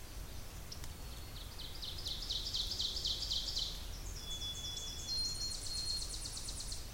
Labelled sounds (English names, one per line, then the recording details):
Ovenbird song
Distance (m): 70 m
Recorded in boreal forest in Alberta, Canada, on 26 May 2016 at 07:51
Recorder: SongMeter 3, array SBT-3-15
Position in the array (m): 53 m, 223 m
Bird 20